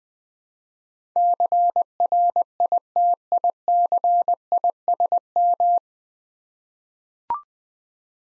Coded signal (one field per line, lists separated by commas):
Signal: Morse code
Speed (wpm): 21 wpm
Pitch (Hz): 700 Hz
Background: none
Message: CRITICISM